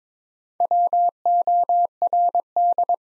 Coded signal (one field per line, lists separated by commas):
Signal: Morse code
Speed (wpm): 22 wpm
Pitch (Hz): 700 Hz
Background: none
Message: WORD